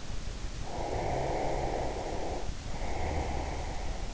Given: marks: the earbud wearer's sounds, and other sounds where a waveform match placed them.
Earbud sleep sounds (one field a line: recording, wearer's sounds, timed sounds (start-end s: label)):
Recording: sounds in sleep by an in-ear microphone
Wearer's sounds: breath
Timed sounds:
0.73-3.79 s: breath